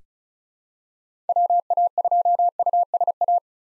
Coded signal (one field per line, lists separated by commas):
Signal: Morse code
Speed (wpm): 34 wpm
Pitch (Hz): 700 Hz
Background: none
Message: WA2USA